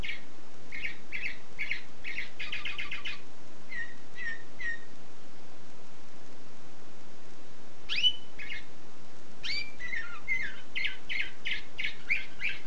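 Canary song in bursts: quick chirping trills, a pause of several seconds, then sharp upward-sweeping whistles and rapid repeated notes.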